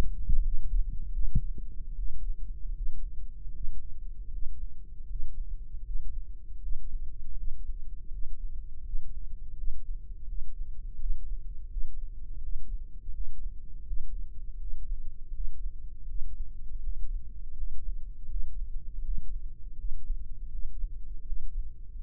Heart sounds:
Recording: heart sounds by microphone in the right ear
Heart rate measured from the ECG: 81 bpm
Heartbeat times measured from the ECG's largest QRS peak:
0.42 s: heartbeat
1.12 s: heartbeat
1.94 s: heartbeat
2.71 s: heartbeat
3.50 s: heartbeat
4.27 s: heartbeat
5.04 s: heartbeat
5.80 s: heartbeat
6.57 s: heartbeat
7.32 s: heartbeat
8.07 s: heartbeat
8.80 s: heartbeat
9.52 s: heartbeat
10.23 s: heartbeat
10.95 s: heartbeat
11.66 s: heartbeat
12.37 s: heartbeat
13.09 s: heartbeat
13.82 s: heartbeat
14.56 s: heartbeat
15.30 s: heartbeat
16.04 s: heartbeat
16.78 s: heartbeat
17.52 s: heartbeat
18.25 s: heartbeat
19.00 s: heartbeat
19.74 s: heartbeat
20.48 s: heartbeat
21.22 s: heartbeat
21.95 s: heartbeat
From the record:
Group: healthy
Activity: breath hold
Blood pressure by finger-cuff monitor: 114/85 mmHg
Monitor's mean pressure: 92 mmHg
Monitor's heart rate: 81 bpm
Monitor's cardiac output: 5.7 L/min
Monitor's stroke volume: 70 mL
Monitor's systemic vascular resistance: 1150 dyn s/cm5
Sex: male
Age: 21 years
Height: 180 cm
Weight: 67.5 kg

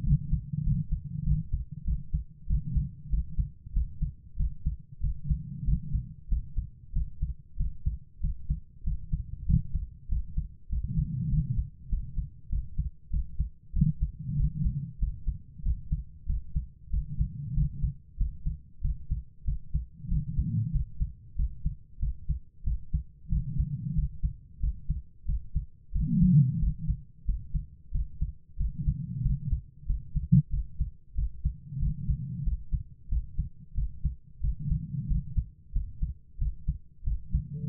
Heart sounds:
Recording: heart sounds by stethoscope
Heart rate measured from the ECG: 94 bpm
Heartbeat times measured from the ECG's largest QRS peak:
0.03 s: heartbeat
0.62 s: heartbeat
1.23 s: heartbeat
1.83 s: heartbeat
2.46 s: heartbeat
3.08 s: heartbeat
3.72 s: heartbeat
4.35 s: heartbeat
4.99 s: heartbeat
5.63 s: heartbeat
6.27 s: heartbeat
6.92 s: heartbeat
7.56 s: heartbeat
8.19 s: heartbeat
8.83 s: heartbeat
9.45 s: heartbeat
10.07 s: heartbeat
10.68 s: heartbeat
11.28 s: heartbeat
11.88 s: heartbeat
12.48 s: heartbeat
13.09 s: heartbeat
13.72 s: heartbeat
14.35 s: heartbeat
14.98 s: heartbeat
15.61 s: heartbeat
16.25 s: heartbeat
16.89 s: heartbeat
17.53 s: heartbeat
18.16 s: heartbeat
18.80 s: heartbeat
19.44 s: heartbeat
20.07 s: heartbeat
20.71 s: heartbeat
21.35 s: heartbeat
21.98 s: heartbeat
22.63 s: heartbeat
23.28 s: heartbeat
23.93 s: heartbeat
24.59 s: heartbeat
25.24 s: heartbeat
25.91 s: heartbeat
26.58 s: heartbeat
27.24 s: heartbeat
27.90 s: heartbeat
28.56 s: heartbeat
29.21 s: heartbeat
29.85 s: heartbeat
30.49 s: heartbeat
31.14 s: heartbeat
31.78 s: heartbeat
32.42 s: heartbeat
33.08 s: heartbeat
33.73 s: heartbeat
34.39 s: heartbeat
35.06 s: heartbeat
35.71 s: heartbeat
36.37 s: heartbeat
37.03 s: heartbeat
37.67 s: heartbeat
From the record:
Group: healthy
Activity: rest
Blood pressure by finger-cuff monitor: 115/70 mmHg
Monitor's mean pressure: 86 mmHg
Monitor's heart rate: 94 bpm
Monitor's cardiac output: 7.4 L/min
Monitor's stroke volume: 78 mL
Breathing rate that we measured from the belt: 20 breaths a minute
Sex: female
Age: 32 years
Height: 172 cm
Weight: 71.7 kg

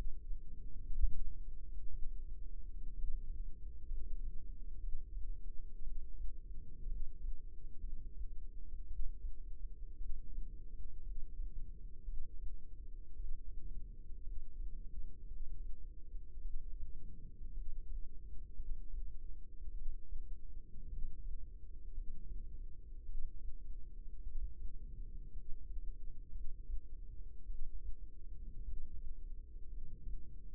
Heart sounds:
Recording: heart sounds by microphone in the left ear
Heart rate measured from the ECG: 56 bpm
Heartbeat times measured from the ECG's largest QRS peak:
0.85 s: heartbeat
1.89 s: heartbeat
2.95 s: heartbeat
3.86 s: heartbeat
4.79 s: heartbeat
5.82 s: heartbeat
6.87 s: heartbeat
7.79 s: heartbeat
8.86 s: heartbeat
9.96 s: heartbeat
11.02 s: heartbeat
12.04 s: heartbeat
13.15 s: heartbeat
14.22 s: heartbeat
15.26 s: heartbeat
16.40 s: heartbeat
17.52 s: heartbeat
18.55 s: heartbeat
19.72 s: heartbeat
20.88 s: heartbeat
21.93 s: heartbeat
23.04 s: heartbeat
24.22 s: heartbeat
25.32 s: heartbeat
26.30 s: heartbeat
27.45 s: heartbeat
28.63 s: heartbeat
29.68 s: heartbeat
From the record:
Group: healthy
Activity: rest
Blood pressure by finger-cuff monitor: 82/54 mmHg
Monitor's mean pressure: 63 mmHg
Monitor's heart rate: 57 bpm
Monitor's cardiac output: 4.3 L/min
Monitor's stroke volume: 76 mL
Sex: female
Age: 36 years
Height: 163 cm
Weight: 88 kg

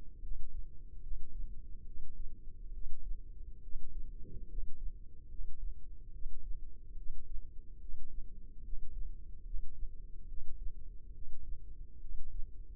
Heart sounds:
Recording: heart sounds by microphone in the left ear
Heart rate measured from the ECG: 71 bpm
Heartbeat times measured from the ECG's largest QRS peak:
0.20 s: heartbeat
1.00 s: heartbeat
1.84 s: heartbeat
2.71 s: heartbeat
3.60 s: heartbeat
4.47 s: heartbeat
5.28 s: heartbeat
6.11 s: heartbeat
6.95 s: heartbeat
7.78 s: heartbeat
8.62 s: heartbeat
9.43 s: heartbeat
10.26 s: heartbeat
11.12 s: heartbeat
11.99 s: heartbeat
From the record:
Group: healthy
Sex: female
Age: 32 years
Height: 168 cm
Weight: 61.9 kg

